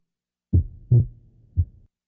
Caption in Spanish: Un desdoblamiento del segundo ruido durante la expiración y un ruido único durante la inspiración.